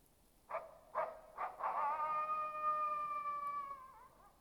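Animal howl: three short yelps about half a second apart, then a long, steady, tonal howl with rich overtones that drops and wavers at the end.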